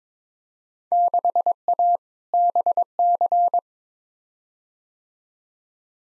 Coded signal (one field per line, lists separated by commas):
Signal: Morse code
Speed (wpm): 22 wpm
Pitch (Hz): 700 Hz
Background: none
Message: 6A BC